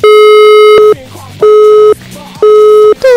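A telephone busy signal on a call to a local grocery shop: a loud, steady mid-pitched tone that switches on and off in a regular pulse, sounding three full times before a fourth begins, with faint murmuring in the gaps.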